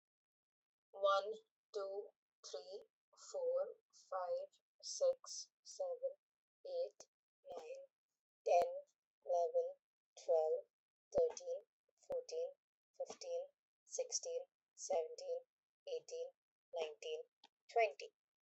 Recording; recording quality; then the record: counting at a normal pace; excellent, no background noise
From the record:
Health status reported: COVID-19 positive, mild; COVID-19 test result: positive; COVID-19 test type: RT-PCR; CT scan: not taken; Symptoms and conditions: fever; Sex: female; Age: 23 years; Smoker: yes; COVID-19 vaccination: both doses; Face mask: not worn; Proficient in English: yes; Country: India